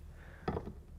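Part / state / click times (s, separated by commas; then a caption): prop rod socket onto rail ball stud / seated / 0.5 s. The end of a Gator FX3 tonneau cover's prop rod is pressed onto the ball stud on the bed rail of a 2015 Ford F150. A sharp snap at 0.5 s, followed by a softer knock just after, marks the prop rod socket popping onto the ball stud and seating.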